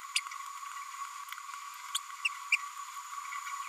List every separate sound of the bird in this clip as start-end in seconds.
1.95-1.99, 2.25-2.29, 2.52-2.56